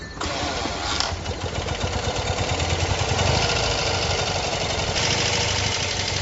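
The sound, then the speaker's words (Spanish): A motorcycle engine fires up in New York and settles into a steady, rumbling run, its low mechanical chatter loud and continuous with no talking. “Al llegar a Nueva York, la recogió y comenzó su periplo.”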